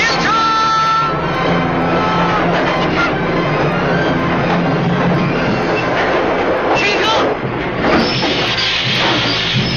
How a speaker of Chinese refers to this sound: 火车快靠上来了